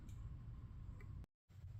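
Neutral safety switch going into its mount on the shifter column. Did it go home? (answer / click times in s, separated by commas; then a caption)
no / none. Under the dash of a 1989 OBS truck, the reverse light / neutral safety switch is handled at its mount on the shifter column while fixing the reverse lights and installing a backup camera. A steady low hum runs throughout with a faint tick near 1.0 s, then cuts to brief silence from about 1.3 to 1.5 s before the hum returns. The switch has not seated or clicked into place yet.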